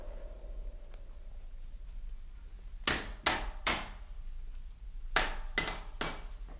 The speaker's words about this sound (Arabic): مين اللي بيخبط على الباب من غير ما يعمل حساب؟ احنا جيرانكم مش اغراب. الجيران عزوة واحباب. افتح يا بواب.